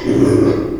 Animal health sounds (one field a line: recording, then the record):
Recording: squeal of a Yucatan mini pig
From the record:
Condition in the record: before surgery on the right vocal fold (resection and tissue-engineered implant)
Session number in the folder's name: 1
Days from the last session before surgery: -3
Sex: male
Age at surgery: 12 weeks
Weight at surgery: 13 kg